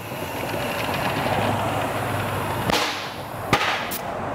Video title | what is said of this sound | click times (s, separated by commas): How to Change a Tubeless Tire on a Modern Vespa with Minimal Tools | When you hear those two clicks or snaps, that means the tire is seated. | 2.7 s, 3.5 s